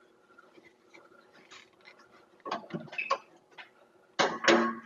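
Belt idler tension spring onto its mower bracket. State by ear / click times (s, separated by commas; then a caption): seated / 4.5 s. A metal tension spring on the drive belt idler of a Yard Man variable speed riding mower by MTD is pulled with a piece of wire threaded through the spring's hole and hooked onto its mower bracket. Faint metallic scraping is followed by sharper clanks around 2.5 to 3.1 seconds and a louder burst of metallic rattling. The spring seats onto its mount with a click at 4.5 seconds.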